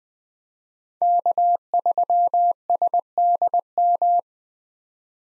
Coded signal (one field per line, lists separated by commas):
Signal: Morse code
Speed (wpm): 20 wpm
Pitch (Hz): 700 Hz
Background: none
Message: K3SDM